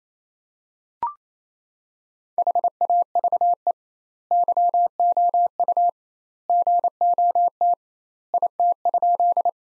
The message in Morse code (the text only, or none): HAVE YOU GOT IT?